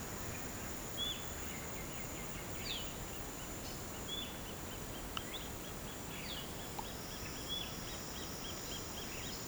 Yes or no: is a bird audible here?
yes